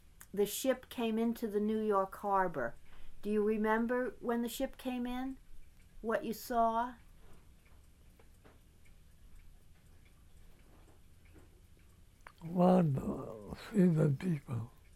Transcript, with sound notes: the ship came into the New York Harbor? Do you remember when the ship came in—what you saw?
[pause] I see the people.